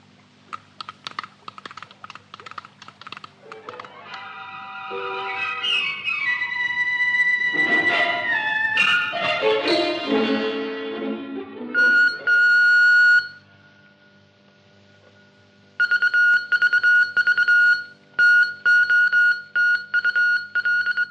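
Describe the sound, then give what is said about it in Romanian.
Rapid electronic beeps from a radio transmitter tapping out a message to people waiting above, with a stretch of warbling, sliding tones midway, then steady high-pitched Morse-like bursts after a short pause. “Repede aparatul! Cei de sus așteaptă de 15 minute mesajul nostru.”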